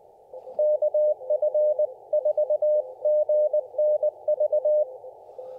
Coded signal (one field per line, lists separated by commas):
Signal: Morse code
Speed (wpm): 20 wpm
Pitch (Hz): 590 Hz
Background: none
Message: KF4GNV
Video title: A Tucson SOTA Double